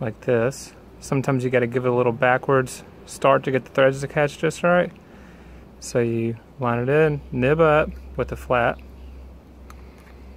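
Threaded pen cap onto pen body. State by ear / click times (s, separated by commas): not seated / none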